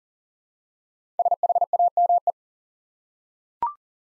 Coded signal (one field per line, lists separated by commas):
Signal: Morse code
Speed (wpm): 40 wpm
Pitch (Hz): 700 Hz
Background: none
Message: SHAME